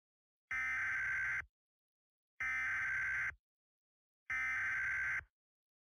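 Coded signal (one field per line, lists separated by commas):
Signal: Emergency Alert System (SAME) tones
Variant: header bursts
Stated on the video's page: Simulated EAS scenario for a fictional downburst warning in New York's Capital Region.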